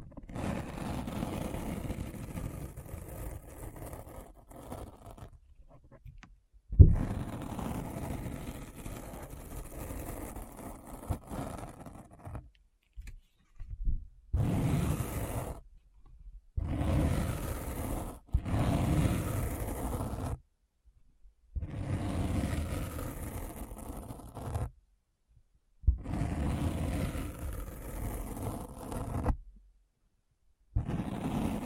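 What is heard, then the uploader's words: Deep Brain Scratch: blocks of low, rumbling, engine-like noise switch on and off abruptly, with hard cuts to near silence every few seconds. The bursts vary in length, some long and steady, others short and choppy, with a sharp click near seven seconds. ASMR Deep Brain Scratch (No Talking).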